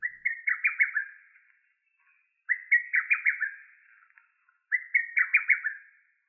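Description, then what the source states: Lesser cuckoo song: three quick phrases, each a tumbling run of several sharp staccato notes, repeated about every two and a half seconds against silence. Call very different from other cuckoos' calls and similar to many other birds' calls.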